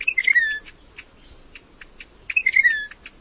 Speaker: The white-bellied wren is tough to get a look at, but its brisk musical song reveals its presence as it skulks through the tropical underbrush.